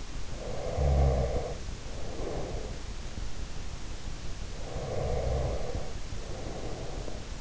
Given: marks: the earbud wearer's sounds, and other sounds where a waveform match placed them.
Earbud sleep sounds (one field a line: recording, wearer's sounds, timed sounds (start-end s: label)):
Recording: sounds in sleep by an in-ear microphone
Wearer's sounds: breath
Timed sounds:
0.34-3.18 s: breath
4.64-7.41 s: breath